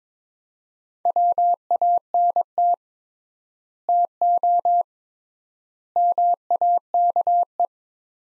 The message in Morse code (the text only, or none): WANT TO MAKE